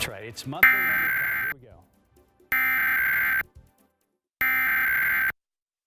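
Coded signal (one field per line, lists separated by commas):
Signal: Emergency Alert System (SAME) tones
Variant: header bursts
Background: speech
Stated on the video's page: Monthly EAS test tones aired on an ABC affiliate television station, run during a skycam shot before a commercial break.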